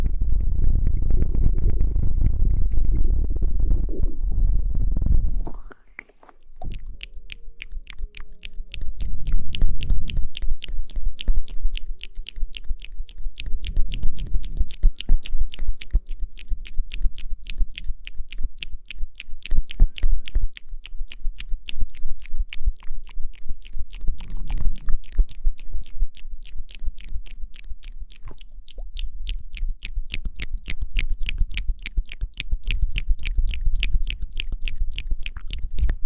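Mouth sounds: a low, muffled rumble for the first five seconds, then a brief rising swoop and a short silence. From about six seconds on, rapid, evenly spaced wet clicks run continuously to the end, with soft low thumps rising and falling underneath.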